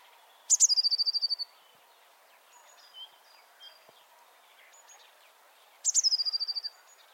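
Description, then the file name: Eurasian blue tit: two high, fast trills, one at the start and one at the end, with faint soft chirps between. "Cyanistes caeruleus"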